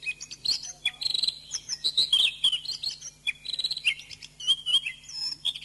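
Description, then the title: Oriental magpie-robin song, a rapid run of sweet whistles, trills and buzzy notes, pitch jumping up and down, with a faint steady low hum behind. "Kicau Kacer"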